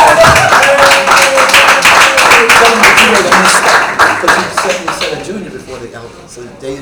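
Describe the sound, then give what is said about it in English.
An audience at the Transcend event in Ghana in 2016 breaks into loud, dense clapping with some voices mixed in after a speaker gets a name right, holding steady for several seconds before thinning out and tapering off toward the end. “Clap for me, please.”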